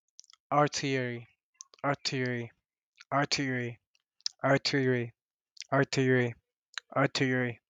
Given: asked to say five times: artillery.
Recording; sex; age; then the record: repeated word; male; 20 to 29 years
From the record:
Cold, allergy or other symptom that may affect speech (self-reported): no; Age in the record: 26 years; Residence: Texas, United States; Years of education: 15